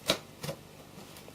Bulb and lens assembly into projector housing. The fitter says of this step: and she snaps into place.